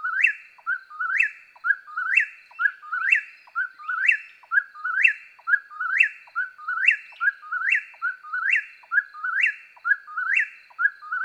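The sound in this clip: Eastern whip-poor-will song: a whistled three-part phrase ending in a sharp upward snap, repeated steadily about once a second throughout.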